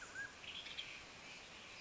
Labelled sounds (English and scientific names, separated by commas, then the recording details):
Mountain Quail (Oreortyx pictus)
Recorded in Sonoma County, California